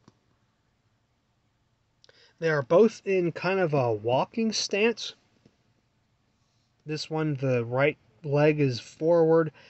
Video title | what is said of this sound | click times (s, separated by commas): 1993 Red Rex Vs. Jurassic World Dominion Thrash N' Devour T-Rex | in the hole about as far as you can go and just twist it twist it around until you hear a pop | 2.0 s